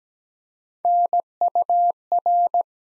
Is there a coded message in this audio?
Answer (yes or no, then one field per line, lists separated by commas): yes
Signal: Morse code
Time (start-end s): 0.8-2.6 s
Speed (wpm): 17 wpm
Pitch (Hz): 700 Hz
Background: none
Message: NUR